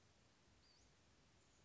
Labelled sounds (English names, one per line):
Western Flycatcher